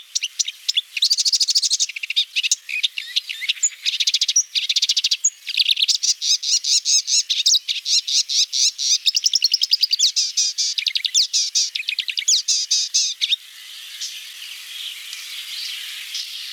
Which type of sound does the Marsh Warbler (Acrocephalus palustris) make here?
song